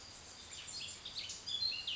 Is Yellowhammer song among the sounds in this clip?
no